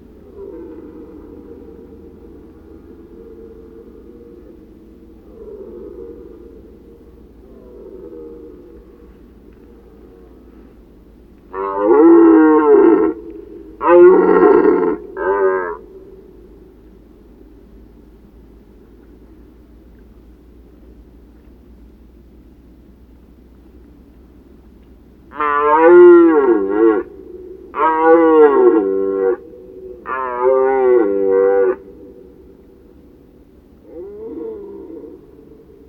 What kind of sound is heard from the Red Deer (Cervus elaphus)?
call